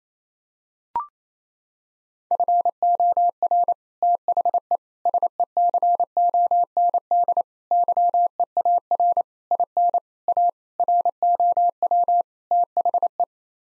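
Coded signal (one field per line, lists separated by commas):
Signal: Morse code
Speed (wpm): 28 wpm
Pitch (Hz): 700 Hz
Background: none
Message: FOR THE SECOND YEAR IN A ROW THE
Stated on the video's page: Head-copy drill of common 8-word groups at 28 wpm, each sent in Morse, then spoken, then sent again.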